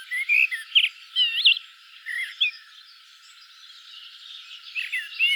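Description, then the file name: Common blackbird: looping fluty whistles and squeaky high notes in the first half, fading to softer phrases with a last whistled flourish. "Turdus merula"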